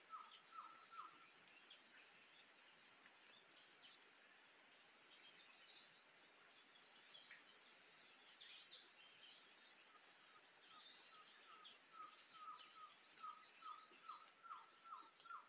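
Tropical forest sound: a steady hiss of insects and background noise with many birds calling throughout. A repeated short downward whistle note sounds in quick runs near the start and again after twelve seconds, while thinner high chirps flicker above.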